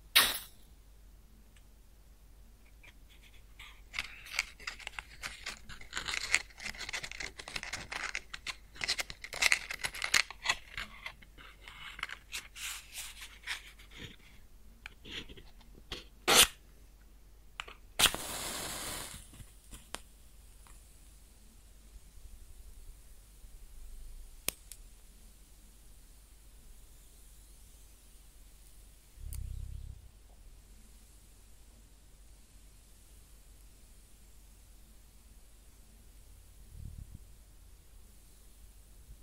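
A match is struck and burns with fine crackles and sizzles, the densest ticking through the first fifteen seconds. A sharp bright burst near 18 seconds sounds like the flare or the snuff, followed by long quiet stretches broken by a few soft low thumps.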